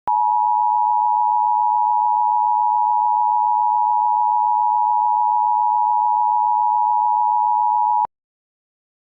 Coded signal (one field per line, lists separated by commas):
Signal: Emergency Alert System (SAME) tones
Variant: 853 and 960 Hz attention tone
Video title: EAS Mock #4: Double Trouble